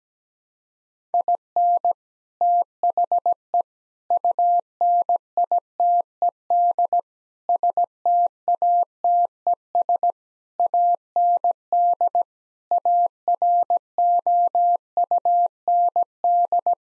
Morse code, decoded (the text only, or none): IN THE UNITED STATES AND AROUND